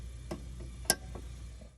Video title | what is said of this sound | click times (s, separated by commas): TheraCycle OGB DynaFlex Coupling Assembly Installation | So it goes in just like this. Make sure you hear it click. | 0.9 s